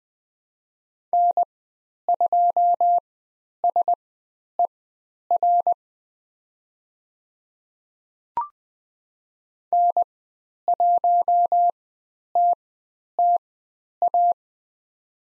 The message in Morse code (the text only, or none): N2SER N1TTA